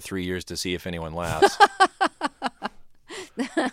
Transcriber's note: laughter